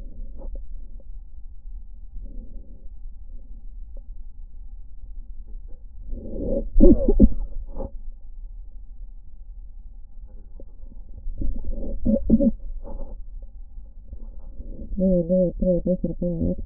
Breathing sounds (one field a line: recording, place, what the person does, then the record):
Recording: lung sounds by stethoscope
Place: left posterior apical chest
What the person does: quiet breathing, then cough and speech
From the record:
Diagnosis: interstitial lung disease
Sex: female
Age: 70 years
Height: 160 cm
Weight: 93 kg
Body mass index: 36.3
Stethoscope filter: diaphragm mode